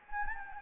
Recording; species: mosquito wingbeat signal from an infrared sensor; Anopheles gambiae